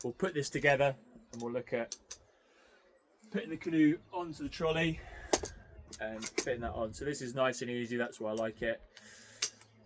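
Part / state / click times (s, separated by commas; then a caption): trolley component locking into portage trolley frame / seated / 9.4 s. Someone talks while fitting a part onto the metal frame of a canoe portage trolley during assembly. A sharp click at 9.4 s marks the part locking into place on the frame.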